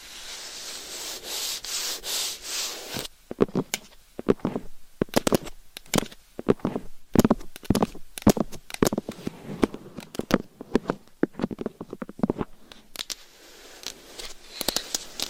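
Claws scratch and tap against a microphone. A steady hissing scrape fills the first three seconds, then gives way to quick, irregular taps and short scratches, some sharp and bright, others dull thuds, before a softer scraping returns near the end.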